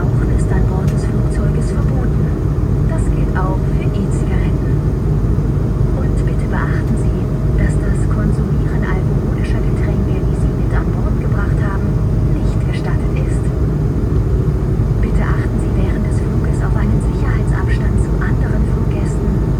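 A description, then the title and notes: Aircraft cabin during a flight, with a steady, dense low engine roar filling the whole clip without letup. Over it, scattered voices and brief clinks and clatters come and go every second or so, likely passengers talking and cabin service. Airbus A220 London Heathrow to Düsseldorf (airBaltic). Full flights with all of it's sounds including passenger announcements, service and of course the engines.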